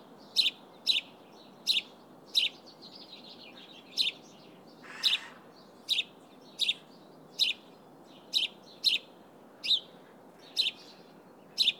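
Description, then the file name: House sparrow chirps, short bright notes repeated roughly every half second to a second and a half in a series, with a faint low background hiss. "Passer domesticus"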